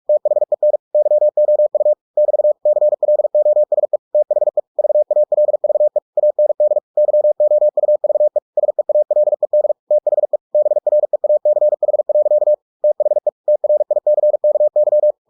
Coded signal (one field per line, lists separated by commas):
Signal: Morse code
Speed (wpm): 46 wpm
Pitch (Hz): 600 Hz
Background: none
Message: THEN YOU <BT> CLOSE THE VALVE AND YOUVE SEALED THE BREACH. THE TRICKY